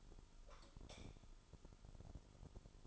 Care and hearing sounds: daily activity, microphone in the room; light off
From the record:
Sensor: 5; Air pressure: 988.5 hPa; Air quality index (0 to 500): 217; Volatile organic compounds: 117 ppm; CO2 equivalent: 3856 ppm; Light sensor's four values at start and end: 45/135/53/56 and 43/130/51/54

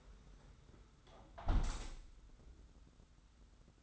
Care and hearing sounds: daily activity, microphone in the room; close window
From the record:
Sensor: 3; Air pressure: 991.2 hPa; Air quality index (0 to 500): 121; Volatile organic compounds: 103 ppm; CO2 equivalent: 3773 ppm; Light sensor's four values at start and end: 48/132/54/47 and 48/133/54/47

